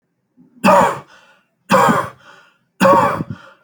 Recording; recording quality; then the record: heavy voluntary cough; excellent, no background noise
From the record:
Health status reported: healthy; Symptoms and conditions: none ticked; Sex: male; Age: 42 years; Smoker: not ticked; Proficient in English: yes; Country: India